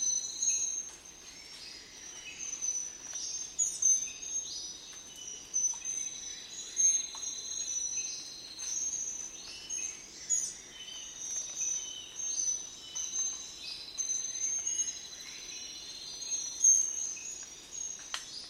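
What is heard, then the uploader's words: A dense dawn chorus fills a rainforest, with many birds chirping and trilling over one another in bright, high voices. A steady insect whine holds underneath throughout, while louder calls rise and fall every few seconds. Dawn in Madagascar rainforest. Masoala seems to be home to the most complex and lush soundscapes. The best moment to experience this is clearly the dawn chorus.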